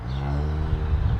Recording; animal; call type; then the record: contact call of a hoofed animal; cattle; low-frequency (closed-mouth) or high-frequency (open-mouth) call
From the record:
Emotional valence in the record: negative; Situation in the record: physical separation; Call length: 1.21 s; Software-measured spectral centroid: 980 Hz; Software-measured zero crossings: 420 a second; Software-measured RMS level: -24 dBFS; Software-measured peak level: -11 dBFS